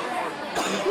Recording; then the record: coughing mixed with background sound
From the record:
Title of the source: 64 coughing, allergies, singing lungs